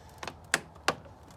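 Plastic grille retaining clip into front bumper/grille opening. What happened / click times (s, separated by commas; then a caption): A plastic retaining clip snapped into place / 0.5 s. A plastic honeycomb grille on a 2014 Ford Focus SE is pressed into the car's front opening, and its plastic retaining clip snaps into the front bumper/grille opening. A few faint taps come first, then a sharp, firm click at 0.5 s shows the clip has seated, and another similar sharp click follows near 0.9 s.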